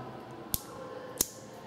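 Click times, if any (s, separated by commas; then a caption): 0.5 s, 1.2 s. A metal pivoting ratchet head on a Wera 004046 Zyklop Speed Ratchet (3/8" drive metric set) is tilted to a small angle between its five detent positions, where it holds only weakly. Two sharp, short detent clicks sound at 0.5 s and 1.2 s against a quiet background. The head then locks in place at that angle.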